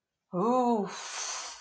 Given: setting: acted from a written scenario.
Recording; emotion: vocal sound without words; relief